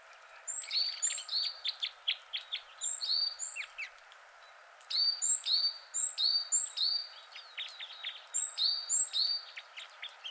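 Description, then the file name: Great tit song of see-sawing two-note phrases in several bursts. "Parus major"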